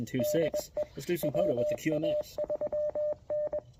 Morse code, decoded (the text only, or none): DE WA3N